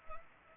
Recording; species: mosquito wingbeat signal from an infrared sensor; Culex pipiens